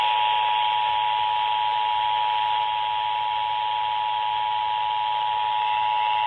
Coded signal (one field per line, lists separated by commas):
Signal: Emergency Alert System (SAME) tones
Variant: 853 and 960 Hz attention tone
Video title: EAS Alerts From 5/31/25: A Compilation (EAS 699-709)